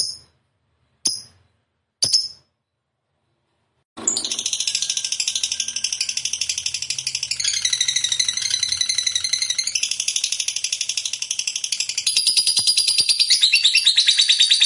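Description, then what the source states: Lovebird song: three sharp high chirps, then an unbroken, rapid shrill trill that runs on for about ten seconds, rattling and buzzy, shifting slightly in tone. Lovebird described as a 'fighter' type that is 'gacor', singing prolifically and continuously.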